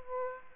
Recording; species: mosquito wingbeat signal from an infrared sensor; Aedes aegypti